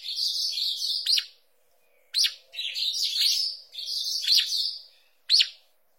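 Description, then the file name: Green-winged saltator song: bright warbled phrases about a second long, broken by sharp clicking notes, repeated after short pauses. "canto do bico duro"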